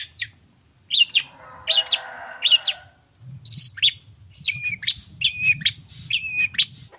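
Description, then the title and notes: Long-tailed shrike song: loud scratchy notes with whistled slurs and a buzzy passage. Cendet singing gacor (nonstop) in the morning with 'toet toet' voice variations; offered as a clear, varied song for other cendet to imitate. "Cendet Gacor Dor Di Kala Pagi Toet Toet Variasi Suara. Efektif Cendet Gacor Suara Jernih Full Variasi Sangat Mudah Di Tiru Cendet Jenis Apapun. Burung cendet"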